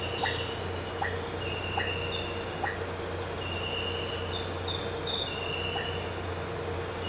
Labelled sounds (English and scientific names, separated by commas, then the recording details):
none
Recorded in pastures near Puerto Asís, Putumayo, Colombia, on 9 March 2025 at 06:00
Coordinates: 0.466, -76.322
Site CSA-02